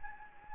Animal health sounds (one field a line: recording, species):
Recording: mosquito wingbeat signal from an infrared sensor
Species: Anopheles gambiae